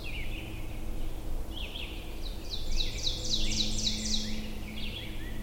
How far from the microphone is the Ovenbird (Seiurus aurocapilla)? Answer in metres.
about 45 m